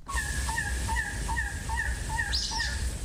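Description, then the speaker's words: Elegant Trogon calling: a steady series of hoarse, croaking notes over low rumbling background noise. Recorded in Madera Canyon, Southeast Arizona, on a birthday birding trip, near its nesting spot; calling again after a passing hawk had silenced everything. "That sound you just heard is a coppery-tailed trogon, formerly called the elegant trogon."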